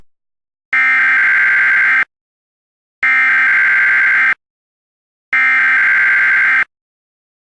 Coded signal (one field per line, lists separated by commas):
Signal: Emergency Alert System (SAME) tones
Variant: header bursts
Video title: EAS Classic: RC Park EAS (Original Version)